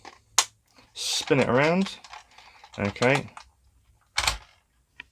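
The fourth plastic railroad wheel is pushed onto a toy car axle and clicks home with a sharp snap at 0.4 s, seating in place. Someone talks in the middle of the clip, followed by a few brief clicks near 4.2 s and 5.0 s.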